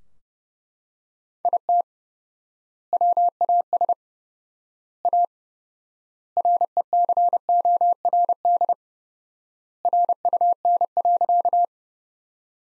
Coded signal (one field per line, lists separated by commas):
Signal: Morse code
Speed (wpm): 30 wpm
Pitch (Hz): 700 Hz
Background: none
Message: IT WAS A RECORD RUN.